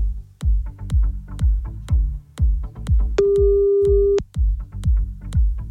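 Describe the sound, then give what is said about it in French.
A single steady, mid-pitched phone ringing tone sounds for about a second as a caller is rung back, laid over a loud, punchy rhythmic music beat, with no one picking up before voicemail. “Oh non, on me dit pas qu'il décroche plus.”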